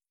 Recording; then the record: hydrophone in a shrimp aquaculture tank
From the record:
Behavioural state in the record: feeding